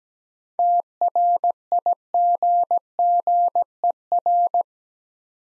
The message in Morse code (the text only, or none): TRIGGER